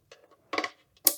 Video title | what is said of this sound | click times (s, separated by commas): Mesh 2100 help guide - STRONG | and you should hear a click when it's in | 1.1 s